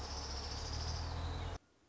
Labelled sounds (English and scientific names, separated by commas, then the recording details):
Orange-crowned Warbler (Leiothlypis celata)
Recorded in Sonoma County, California